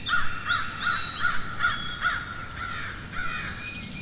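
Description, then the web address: Crow giving a rapid series of hoarse caws, over a backdrop of high chirping songbirds and low rumble. Forest ambience with crows and other birds chirping. "Wav Junction Sound Effects - Ambience. Ambience Forest Crows Birds Chirping"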